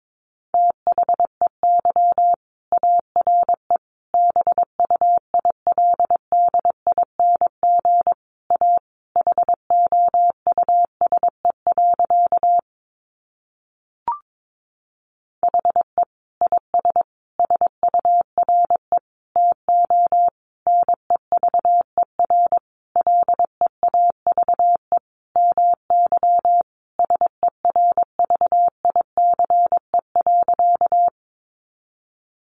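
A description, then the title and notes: Morse code sent as a single steady mid-pitched tone, keyed on and off in quick runs of short and long beeps with brief gaps between letters and words. Around the thirteen-second mark the keying stops for about two seconds, marked only by a faint click, then resumes at the same pace until the end. First, the words are sent in Morse code.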